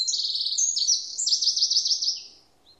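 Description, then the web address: Bird song: a high, rapid trilled phrase of buzzy repeated notes, shifting into a second fast trill and fading out near the end, over a quiet background. "Bird Only"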